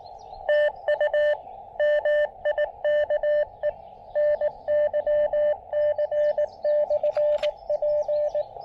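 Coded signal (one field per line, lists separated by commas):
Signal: Morse code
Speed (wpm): 20 wpm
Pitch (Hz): 590 Hz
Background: radio noise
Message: TU MIKE NYC/P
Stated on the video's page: QRP CW park activation (POTA) on 20 meters with a field radio during a road trip stop.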